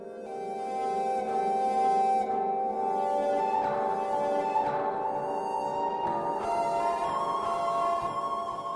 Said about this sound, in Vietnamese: Chiếc đồng hồ báo thức kêu lên, đó là thứ âm thanh khó chịu nhất trong một ngày của Oanh.